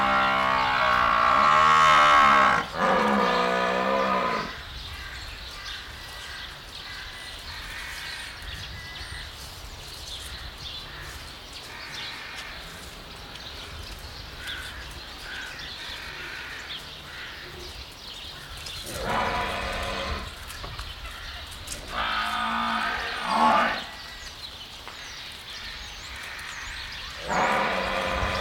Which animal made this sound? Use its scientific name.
Bubalus bubalis